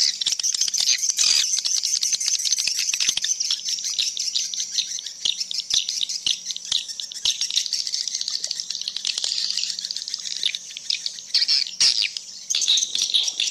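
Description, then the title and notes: Swiftlet calls as a continuous wash of high, busy twittering with scattered dry clicks and a faint steady hum. Swiftlet sound used in swiftlet farming in Asia. "Swiflet Bird Sound. Farming Swiflet Bird asia sound"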